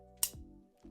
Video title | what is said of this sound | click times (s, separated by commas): SpotOn Fence Review: Is It Worth the Price? (6 Months of Testing!) | hear that? Oh, it's good sound. I like that. | 0.2 s